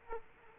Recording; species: mosquito wingbeat signal from an infrared sensor; Culex quinquefasciatus